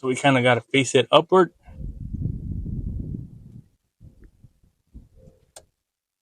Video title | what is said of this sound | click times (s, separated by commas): K&N Cold Air Intake Install on Silverado - Easy Power Upgrade! | like we said once it clicks | 5.6 s